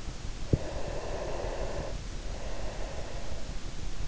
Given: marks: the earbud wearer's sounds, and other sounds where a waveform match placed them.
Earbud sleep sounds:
sounds in sleep by an in-ear microphone; breath
0.41-3.57 s: breath

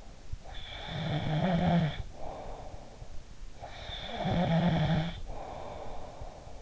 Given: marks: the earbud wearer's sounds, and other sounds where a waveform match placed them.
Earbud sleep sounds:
sounds in sleep by an in-ear microphone; snoring breath
0.61-3.11 s: snoring breath
3.73-6.61 s: snoring breath

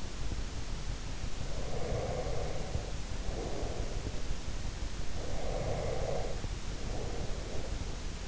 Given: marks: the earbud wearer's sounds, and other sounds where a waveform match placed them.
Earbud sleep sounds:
sounds in sleep by an in-ear microphone; breath
1.43-4.48 s: breath
5.24-8.28 s: breath

